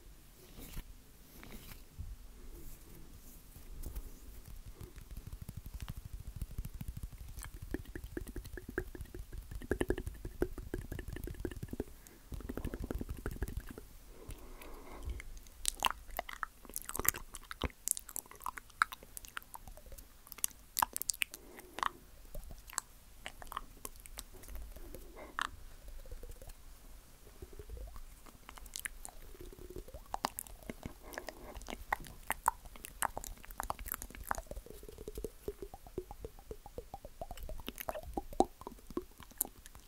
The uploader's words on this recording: ASMR Rare Mouth Sounds.